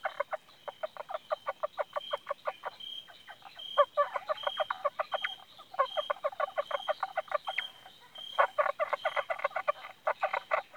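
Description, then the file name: Indian bronzed frog calls: dense rapid clicking pulses in bursts, over a steady high hum. "Indosylvirana temporalis"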